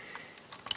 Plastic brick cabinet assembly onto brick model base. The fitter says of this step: install the little entertainment cabinet on the left hand side writing this 1 by 3 opening should just snap